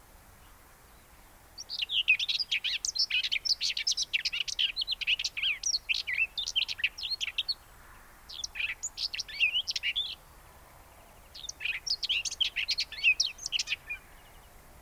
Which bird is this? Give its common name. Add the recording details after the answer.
Common Whitethroat. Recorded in the wild. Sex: male. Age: adult. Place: Hallstadt, Bayern, DE. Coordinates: 49.9272, 10.8808. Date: 1963-04-27. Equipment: Nagra, AKG D19/200, Original, Vollspur. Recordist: Tretzel, Erwin. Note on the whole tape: Männchen: Gesang mit Imitationen (z.B. wäd wäd wäd, mehrfach Pirol-Imitation, Nachtigall-huid, krrr-kit)